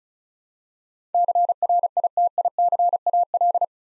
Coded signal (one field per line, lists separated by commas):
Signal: Morse code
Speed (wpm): 36 wpm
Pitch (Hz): 700 Hz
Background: none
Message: CRITICAL